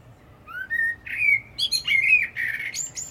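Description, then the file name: Common blackbird's mellow whistled phrase, notes sliding up and down, finishing in thin high squeaks and twitters. "Turdus merula"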